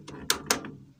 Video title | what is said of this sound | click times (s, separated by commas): memperbaiki PC rakitan lemot | tinggal kita dorong pakai 2 jari seperti ini sampai bunyi cetek. | 0.3 s, 0.5 s